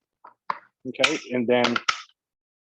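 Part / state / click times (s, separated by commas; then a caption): locking handle into pressure cooker lid / seated / 0.5 s. A safety locking handle is fitted onto the lid of a plastic microwave pressure cooker and snaps into place with a sharp, loud click at 0.5 s, after a faint tap at 0.3 s. Someone talks afterward, and the handle is seated.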